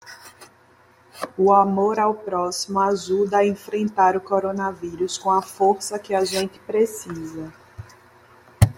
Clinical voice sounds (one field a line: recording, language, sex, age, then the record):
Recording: spoken sentence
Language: Brazilian Portuguese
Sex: female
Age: 30 to 39 years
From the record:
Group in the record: control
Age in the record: 31 years